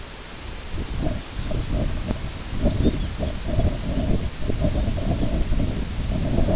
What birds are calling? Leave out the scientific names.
Lapland Longspur